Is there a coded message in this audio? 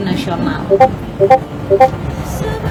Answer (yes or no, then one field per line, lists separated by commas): no